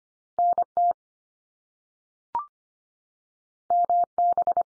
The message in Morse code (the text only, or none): NT MB